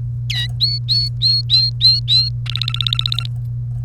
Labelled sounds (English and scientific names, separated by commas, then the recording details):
Domestic Canary (Serinus canaria) song
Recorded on 1 May 2018 at 11:49
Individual llb3